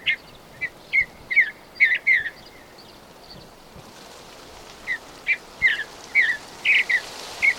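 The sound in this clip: Bird sings a run of crisp chirps, pauses briefly, then resumes with another series of similar notes.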